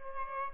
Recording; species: mosquito wingbeat signal from an infrared sensor; Aedes albopictus